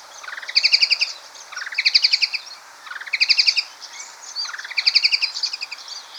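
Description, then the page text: White-throated babbler calls, four rising rapid chattering bursts over faint background hiss. "White-Throated Babbler Calls. Quick Sounds"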